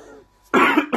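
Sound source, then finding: Man. Cough.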